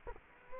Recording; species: mosquito wingbeat signal from an infrared sensor; Culex quinquefasciatus